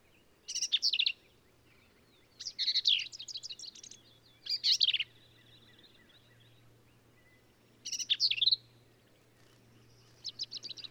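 Black-capped vireo song: harsh, varied, chattering high phrases, each about a second or less, repeated every few seconds, with faint thin notes between.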